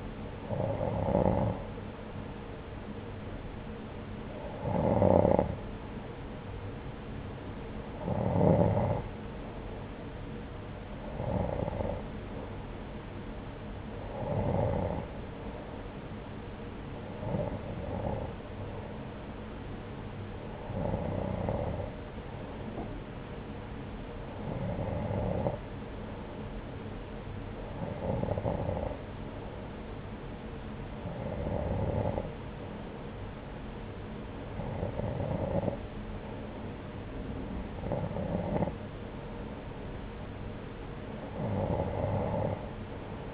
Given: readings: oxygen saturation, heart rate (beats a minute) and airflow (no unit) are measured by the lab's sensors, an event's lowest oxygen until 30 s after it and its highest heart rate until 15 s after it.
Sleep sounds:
breathing in sleep by a voice recorder at the bedside; none
26.00-43.34 s: new sleep stage, N2 (light sleep)
From the record:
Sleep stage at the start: N1 (lightest sleep); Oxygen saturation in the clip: 91 to 93%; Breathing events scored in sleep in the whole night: 303 in 8.1 hours asleep

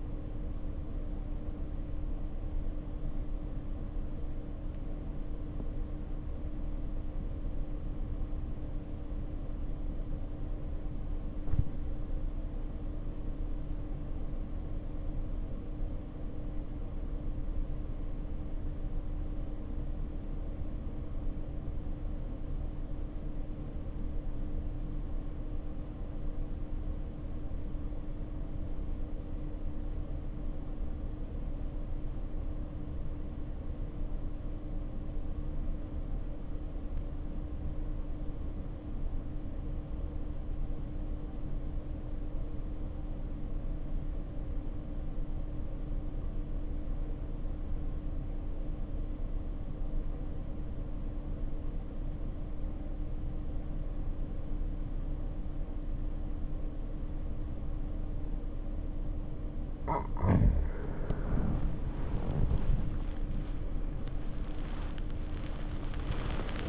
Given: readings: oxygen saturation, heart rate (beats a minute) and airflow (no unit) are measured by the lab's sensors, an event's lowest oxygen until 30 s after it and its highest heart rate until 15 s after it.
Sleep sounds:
breathing in sleep by a smartphone at the bedside; 1
5.00-62.20 s: obstructive apnea (N1, oxygen 96% highest, then 70% lowest, heart rate 52 at the start, 86 highest)
7.00-66.69 s: new sleep stage, REM sleep
From the record:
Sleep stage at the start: N1 (lightest sleep); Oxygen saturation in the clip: 73 to 96%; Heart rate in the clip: 48 to 81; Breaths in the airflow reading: 4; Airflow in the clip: -0.7 to 0.8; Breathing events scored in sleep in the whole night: 520 in 7.2 hours asleep

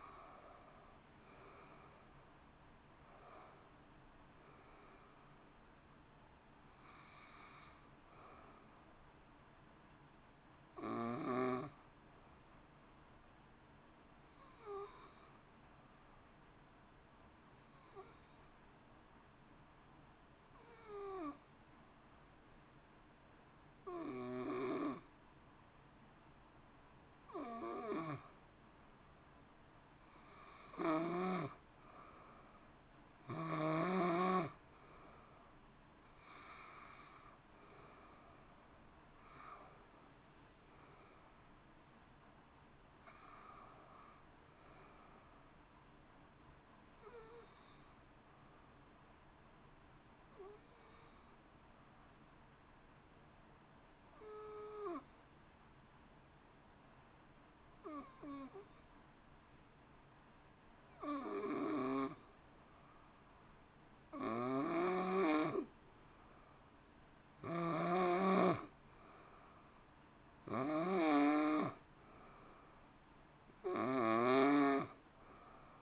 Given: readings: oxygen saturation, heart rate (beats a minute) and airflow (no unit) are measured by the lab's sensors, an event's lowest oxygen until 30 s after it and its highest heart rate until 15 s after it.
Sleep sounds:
breathing in sleep by a voice recorder at the bedside; 2
6.00-33.10 s: hypopnea (N1, oxygen 94% highest, then 87% lowest, heart rate 63 at the start, 63 highest)
26.00-75.82 s: new sleep stage, N2 (light sleep)
47.00-66.30 s: hypopnea (N2, oxygen 94% highest, then 88% lowest)
From the record:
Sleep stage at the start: N1 (lightest sleep); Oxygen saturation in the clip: 87 to 94%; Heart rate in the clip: 53 to 63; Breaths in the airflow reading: 24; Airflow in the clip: -1.8 to 3.1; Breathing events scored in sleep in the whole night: 328 in 6.3 hours asleep

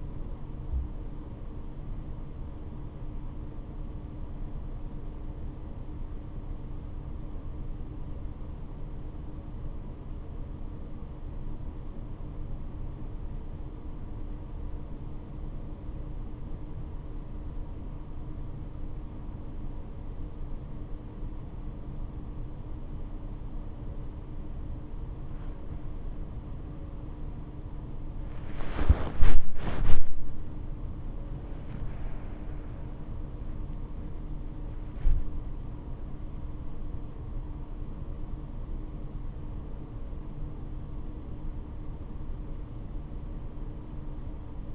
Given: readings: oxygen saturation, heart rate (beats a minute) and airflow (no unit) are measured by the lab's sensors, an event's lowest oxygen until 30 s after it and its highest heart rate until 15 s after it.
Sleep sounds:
breathing in sleep by a smartphone at the bedside; 1
7.00-24.40 s: obstructive apnea (N2, oxygen 96% highest, then 83% lowest, heart rate 69 at the start, 92 highest)
From the record:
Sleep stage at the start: N2 (light sleep); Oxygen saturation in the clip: 83 to 96%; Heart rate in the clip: 56 to 92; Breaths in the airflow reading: 7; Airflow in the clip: -16.0 to 12.0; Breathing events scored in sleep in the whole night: 228 in 5.4 hours asleep

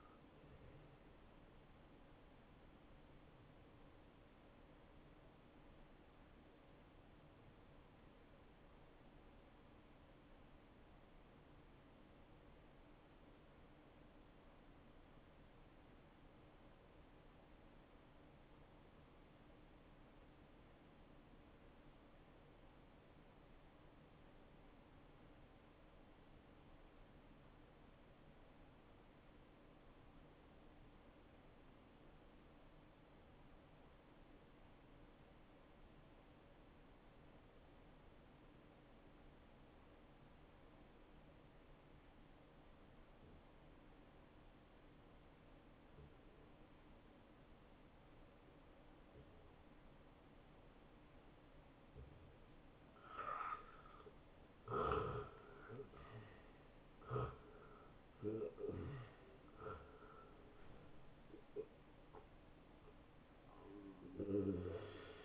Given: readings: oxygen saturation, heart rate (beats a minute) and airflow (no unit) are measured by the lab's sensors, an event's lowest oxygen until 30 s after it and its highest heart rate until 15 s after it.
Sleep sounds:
breathing in sleep by a voice recorder at the bedside; 1
10.00-52.50 s: obstructive apnea (N1, oxygen 95% highest, then 84% lowest, heart rate 68 at the start, 81 highest)
20.00-50.00 s: new sleep stage, N2 (light sleep)
50.00-65.25 s: new sleep stage, N1 (lightest sleep)
From the record:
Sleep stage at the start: N1 (lightest sleep); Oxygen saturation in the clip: 85 to 95%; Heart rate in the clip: 57 to 81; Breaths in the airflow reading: 4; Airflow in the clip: -16.8 to 8.8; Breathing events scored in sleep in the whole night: 263 in 5.5 hours asleep

